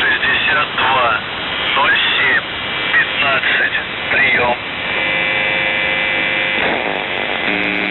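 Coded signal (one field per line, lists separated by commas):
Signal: numbers station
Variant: UVB-76 (The Buzzer)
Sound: muffled radio voice speaking, then a steady droning buzz with harmonics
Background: radio static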